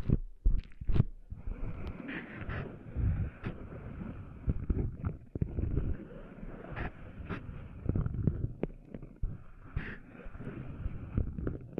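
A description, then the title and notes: Sand is being cleaned out of an ear, with a low, muffled rumble of rubbing and scratching and frequent sharp clicks and pops. After the first two seconds a steady thin hiss settles in behind it, swelling and dipping as the scrubbing goes on. ASMR Cleaning Sand Out of Your Ears (No Talking).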